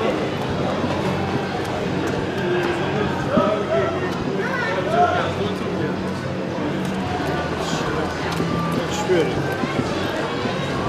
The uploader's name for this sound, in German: Freizeitpark ASMR